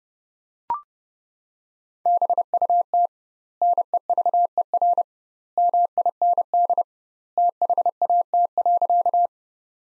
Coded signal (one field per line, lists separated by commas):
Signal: Morse code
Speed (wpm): 32 wpm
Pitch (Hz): 700 Hz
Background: none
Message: BUT NEVER MIND THAT.